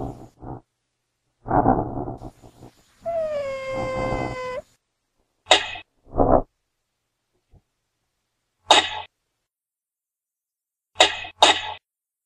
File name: El sonido de la gineta